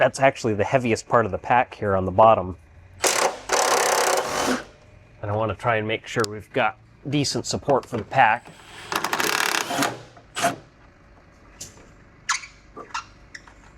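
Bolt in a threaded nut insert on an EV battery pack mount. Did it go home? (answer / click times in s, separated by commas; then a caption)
no / none. Someone talks, then a powered driver runs in short bursts from about 9.0 to 9.8 s while removing a bolt from a threaded nut insert on the battery pack mount of a Nissan LEAF limo. The bolt keeps spinning because the nut insert in the mount has stripped out, so nothing has seated or clicked.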